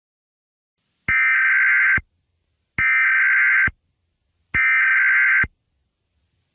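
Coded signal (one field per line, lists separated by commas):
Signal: Emergency Alert System (SAME) tones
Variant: header bursts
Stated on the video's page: Fictional EAS scenario depicting a total blackout.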